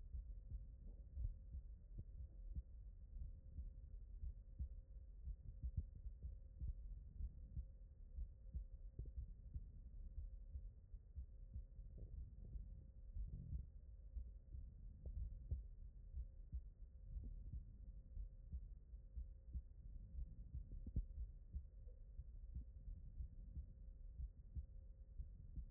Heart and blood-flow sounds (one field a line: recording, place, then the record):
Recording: heart sounds by stethoscope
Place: aortic valve (AV)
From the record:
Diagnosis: non-HFrEF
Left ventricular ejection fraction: 66%